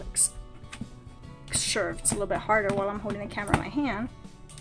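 A plastic lid is being pressed onto a plastic kitchen storage container, a tea or rice canister, with one hand while the camera is held in the other. Someone talks throughout over background music, with brief handling knocks around 0.7 s and 4.6 s. Nothing has seated or clicked yet.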